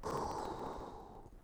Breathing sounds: one breath near a microphone; exhalation

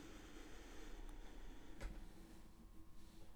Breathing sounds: one breath near a microphone; inhalation

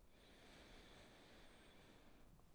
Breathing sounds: one breath near a microphone; inhalation

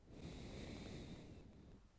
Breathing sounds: one breath near a microphone; exhalation

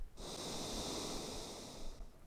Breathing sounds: one breath near a microphone; exhalation

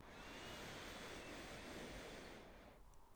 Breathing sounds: one breath near a microphone; inhalation

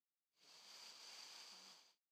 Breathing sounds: one breath near a microphone; inhalation

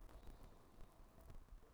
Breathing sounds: one breath near a microphone; inhalation

